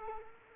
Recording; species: mosquito wingbeat signal from an infrared sensor; Culex quinquefasciatus